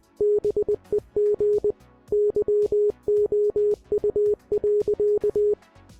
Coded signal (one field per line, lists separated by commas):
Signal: Morse code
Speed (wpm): 20 wpm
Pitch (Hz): 420 Hz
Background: music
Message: BEG YOU.